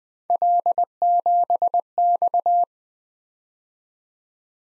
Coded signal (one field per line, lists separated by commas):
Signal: Morse code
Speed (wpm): 20 wpm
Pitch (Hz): 700 Hz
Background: none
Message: L7X